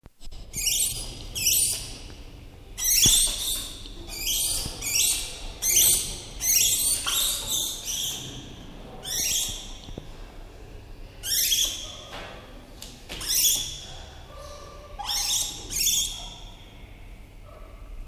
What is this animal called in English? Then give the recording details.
Northern Plains Gray Langur. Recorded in captivity. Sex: female. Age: adult. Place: Zoo Dresden, Sachsen, DE. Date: 1971-01-16. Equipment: Uher 4200 Report Stereo, z. T. mit Tesla-Verstärker, Sennheiser MD 421. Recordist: Tembrock, Günter. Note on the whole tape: Hulman oder Hanuman: Weibchen Lautfolgen. Abstand ca 3 m. Siehe auch Aufnahme Nr. 4 und Nr. 13. auf S1303. Pfleger und Beobachter befinden sich im Wärtergang. Aufnahmen auf diesem Band von 9.30 - 11.30 Uhr. //